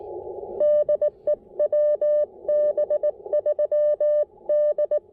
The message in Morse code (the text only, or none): DE WB3D